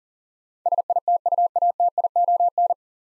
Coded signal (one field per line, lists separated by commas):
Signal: Morse code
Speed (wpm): 42 wpm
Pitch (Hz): 700 Hz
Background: none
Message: SITUATION